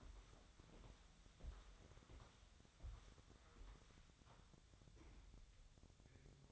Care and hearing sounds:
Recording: daily activity, microphone in the room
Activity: walk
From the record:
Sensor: 3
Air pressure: 1015.3 hPa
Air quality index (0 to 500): 126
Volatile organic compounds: 5 ppm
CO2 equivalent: 1778 ppm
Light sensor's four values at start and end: 15/40/16/17 and 15/39/15/17

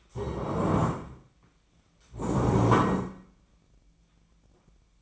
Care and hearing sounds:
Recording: daily activity, microphone in the room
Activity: stand up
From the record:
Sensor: 1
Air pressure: 1012.3 hPa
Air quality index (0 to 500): 173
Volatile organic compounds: 3 ppm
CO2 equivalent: 1418 ppm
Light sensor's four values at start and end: 44/120/49/60 and 45/121/50/60

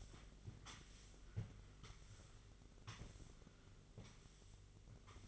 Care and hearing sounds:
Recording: daily activity, microphone in the room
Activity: sweep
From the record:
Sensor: 4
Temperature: 27.9 degrees Celsius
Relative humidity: 34.3%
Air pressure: 1002.4 hPa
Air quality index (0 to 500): 216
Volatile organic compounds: 12 ppm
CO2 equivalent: 2330 ppm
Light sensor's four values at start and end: 19/67/24/24 and 19/68/25/25

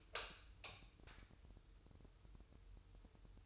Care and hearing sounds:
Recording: daily activity, microphone in the room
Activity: light on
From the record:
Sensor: 2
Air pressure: 988.2 hPa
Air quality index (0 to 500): 190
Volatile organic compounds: 179 ppm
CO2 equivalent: 4141 ppm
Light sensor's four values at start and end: 6/16/6/7 and 11/34/13/13

